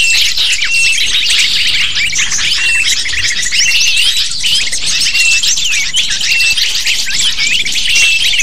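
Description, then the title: Lovebird calls in a crowded chorus, shrill chirps and squeaks tumbling over one another steadily for the whole stretch. Used as a lure to attract lovebirds. "PIKAT BURUNG LOVEBIRD"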